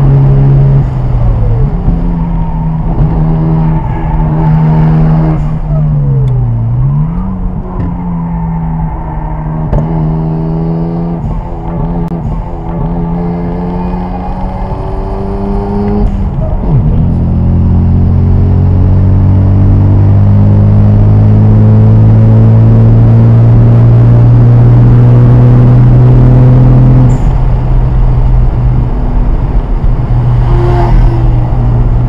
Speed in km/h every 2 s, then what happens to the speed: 124, 103, 90, 74, 74, 79, 82, 92, 101, 111, 124, 132, 140, 143, 138, 132.
0-6 brakes to 74. 6-25 speeds up to 143. 25-32 slows to 132.